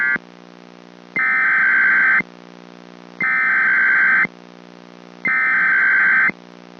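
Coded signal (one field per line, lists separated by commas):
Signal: Emergency Alert System (SAME) tones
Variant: header bursts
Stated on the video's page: Mock EAS remake of the 2013 El Reno tornado emergency.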